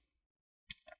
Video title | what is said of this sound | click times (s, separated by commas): Hp Pavilion X360 11 K161 Energy Star Battery Replacement FULL GUIDE | and you want to hear some clicks | 0.7 s